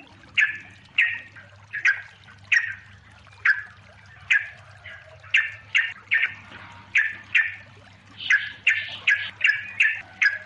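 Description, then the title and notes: Yellow-vented bulbul giving brisk, clipped chirps at uneven intervals, bunching faster near the end, with a steady low hum behind. Long chattering song style (ropel panjang) used as a master recording for training songbirds. "Masteran Trucukan Ropel Panjang. Kicau Burung Trucukan"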